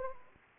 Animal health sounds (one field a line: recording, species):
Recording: mosquito wingbeat signal from an infrared sensor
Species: Anopheles arabiensis